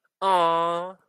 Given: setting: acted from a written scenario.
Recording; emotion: vocal sound without words; adoration